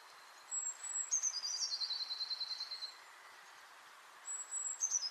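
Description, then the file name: Eurasian blue tit giving two high thin notes that drop into a fast, even trill of about two seconds; a second phrase begins near the end. "Cyanistes caeruleus"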